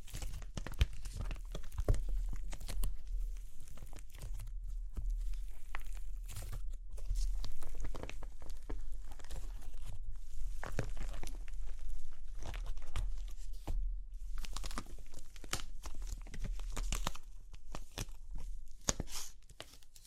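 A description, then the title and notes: Dry clay cracks and crunches without pause, a dense run of sharp, bright snaps and crumbling bits across the full twenty seconds. Brief quieter gaps fall near five, ten and fourteen seconds, and a steady low hum sits underneath throughout. Super Crunchy Clay Cracking (No Talking).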